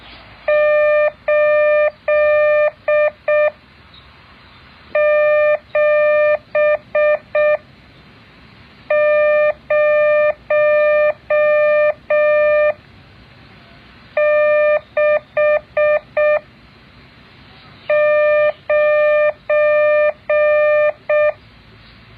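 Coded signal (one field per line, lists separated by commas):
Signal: Morse code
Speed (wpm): 6 wpm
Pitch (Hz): 600 Hz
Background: none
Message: 87069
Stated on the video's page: Morse code practice exercise.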